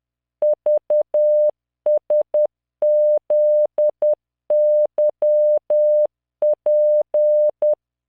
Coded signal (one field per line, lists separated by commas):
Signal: Morse code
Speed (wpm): 10 wpm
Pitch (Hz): 600 Hz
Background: none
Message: VSZYP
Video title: tamanのモールス練習動画93（モールス信号 速度10WPM morse code)